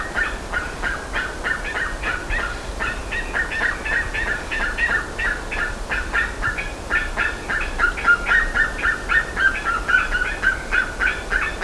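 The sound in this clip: Bird chattering in fast, uneven bursts of short notes over a low background rumble.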